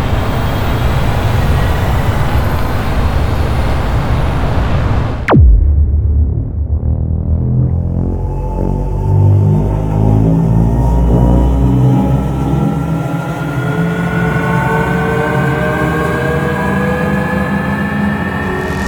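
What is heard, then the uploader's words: A dense, rumbling cinematic drone fills the opening five seconds, then a sharp downward sweep near five seconds cuts the bright top away. What follows is a darker, throbbing low pulse with a thin rising whine that climbs slowly through the rest. Cinematic Trailer Sound Effects.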